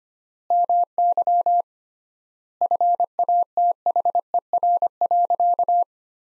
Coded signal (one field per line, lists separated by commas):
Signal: Morse code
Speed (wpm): 25 wpm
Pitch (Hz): 700 Hz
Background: none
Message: MY FATHER.